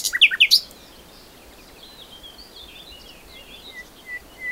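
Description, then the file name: Common nightingale song: a few loud, harsh clicking notes in rapid series, followed by faint, scattered chirps and soft whistles. "Luscinia megarhynchos"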